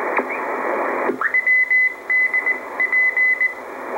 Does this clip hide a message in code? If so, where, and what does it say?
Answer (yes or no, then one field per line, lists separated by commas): yes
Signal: Morse code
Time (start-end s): 1.3-3.5 s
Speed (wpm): 19 wpm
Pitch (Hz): 2000 Hz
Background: radio noise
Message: WDP